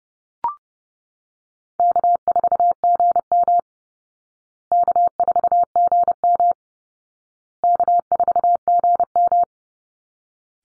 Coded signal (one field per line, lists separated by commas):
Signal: Morse code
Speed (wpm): 28 wpm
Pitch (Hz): 700 Hz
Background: none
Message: K4GM K4GM K4GM